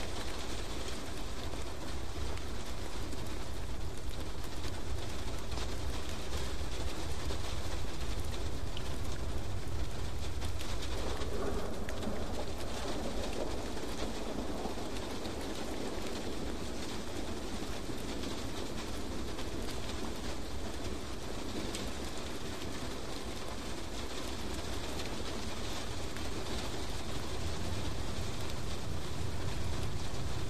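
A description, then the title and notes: Steady, dense rain hisses evenly throughout, with a low rumbling undertone that swells slightly near the middle, then settles back. Rain ambience, The sound of rain, Rain soundscapes.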